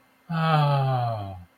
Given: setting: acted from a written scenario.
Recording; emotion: vocal sound without words; awe